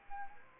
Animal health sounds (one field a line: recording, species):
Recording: mosquito wingbeat signal from an infrared sensor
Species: Anopheles arabiensis